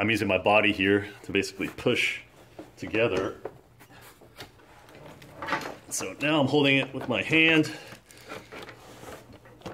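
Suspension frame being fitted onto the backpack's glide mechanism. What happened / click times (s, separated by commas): Frame held and worked against spring tension, not yet locked / none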